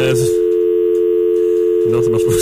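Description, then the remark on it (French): A steady, continuous telephone dial tone hums at a fixed mid pitch for the whole stretch, loud and unbroken, as a phone call is placed to the SAQ, with brief bursts of voices talking at the start and end. “Appelle le numéro.”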